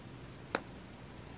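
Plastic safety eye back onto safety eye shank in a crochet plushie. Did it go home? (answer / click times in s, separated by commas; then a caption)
yes / 0.5 s. A plastic safety eye back (washer) with glue on it is pushed down onto the shank of a plastic safety eye through crocheted fabric on a crochet bee plushie. A single sharp, bright click sounds at 0.6 s, followed by a much fainter tick near 1.4 s over low background noise. The eye back clicks on and is seated.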